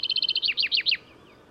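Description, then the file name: Common chaffinch song ending: a fast pulsing trill breaks into three or four strong downward-sweeping notes, then quiet. "Fringilla coelebs"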